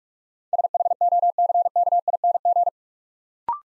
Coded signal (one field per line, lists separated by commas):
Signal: Morse code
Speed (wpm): 44 wpm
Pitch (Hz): 700 Hz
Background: none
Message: SHOCKING